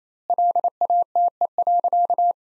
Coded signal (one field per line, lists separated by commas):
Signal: Morse code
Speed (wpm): 28 wpm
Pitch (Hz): 700 Hz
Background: none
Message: LATE.